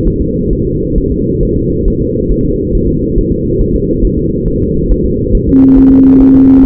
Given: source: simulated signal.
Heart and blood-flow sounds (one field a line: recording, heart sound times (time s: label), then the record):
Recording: fetal heart sounds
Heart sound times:
0.07 s: S1
0.22 s: S2
0.53 s: S1
0.67 s: S2
0.98 s: S1
1.12 s: S2
1.43 s: S1
1.57 s: S2
1.88 s: S1
2.02 s: S2
2.32 s: S1
2.46 s: S2
2.75 s: S1
2.89 s: S2
3.18 s: S1
3.32 s: S2
3.61 s: S1
3.75 s: S2
4.05 s: S1
4.19 s: S2
4.48 s: S1
4.62 s: S2
4.91 s: S1
5.05 s: S2
5.35 s: S1
5.49 s: S2
5.78 s: S1
5.92 s: S2
6.21 s: S1
6.35 s: S2
6.65 s: S1
From the record:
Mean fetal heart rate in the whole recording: 135 bpm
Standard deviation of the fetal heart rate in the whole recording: 3 bpm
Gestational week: 36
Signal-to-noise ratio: -14.7 dB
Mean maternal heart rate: 72 bpm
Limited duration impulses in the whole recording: present